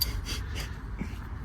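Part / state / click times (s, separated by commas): torque wrench on expansion tank mounting bolt / torque reached / 0.0 s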